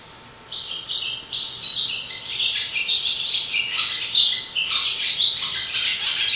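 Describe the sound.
Swallow calls: quick, high, scratchy twittering phrases repeated one after another in uneven bursts, following a short silence at the start.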